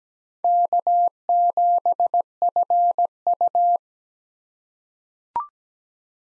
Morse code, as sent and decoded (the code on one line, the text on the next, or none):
-.- --... ..-. ..-
K7FU